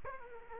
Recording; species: mosquito wingbeat signal from an infrared sensor; Aedes aegypti